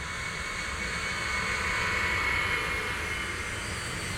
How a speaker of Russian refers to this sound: Самолет отправился в небо.